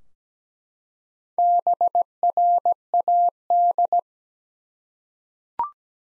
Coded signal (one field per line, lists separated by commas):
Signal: Morse code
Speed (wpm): 17 wpm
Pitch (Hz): 700 Hz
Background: none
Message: BRAD